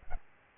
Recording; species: mosquito wingbeat signal from an infrared sensor; Aedes albopictus